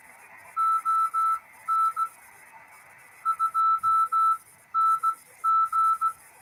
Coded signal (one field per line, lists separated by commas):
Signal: Morse code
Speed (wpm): 16 wpm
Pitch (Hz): 1320 Hz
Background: none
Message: ON 2NG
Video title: 1 transistor 200mW CW on 3.5 MHz. Any contacts?